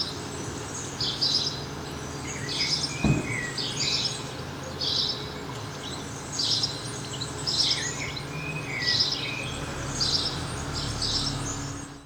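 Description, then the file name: House sparrow chirping, brief buzzy notes in loose series about once a second, one sharp click early on, low hum and hiss throughout. "Passer domesticus"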